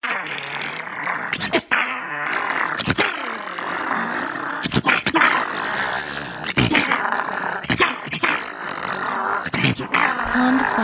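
Animal snarls: rough, throaty growling with repeated abrupt snaps and breaths, sustained throughout.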